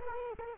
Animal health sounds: mosquito wingbeat signal from an infrared sensor; Culex quinquefasciatus

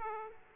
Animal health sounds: mosquito wingbeat signal from an infrared sensor; Aedes aegypti

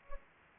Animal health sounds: mosquito wingbeat signal from an infrared sensor; Anopheles gambiae

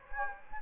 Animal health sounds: mosquito wingbeat signal from an infrared sensor; Anopheles gambiae

